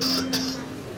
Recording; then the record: coughing mixed with background sound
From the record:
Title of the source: November cold (wet coughing)